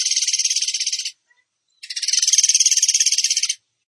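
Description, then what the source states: Bird delivering two rapid, high, buzzing trills, the second longer and slightly louder, separated by a brief pause. Bird training (masteran) song in the gacor tembakan style.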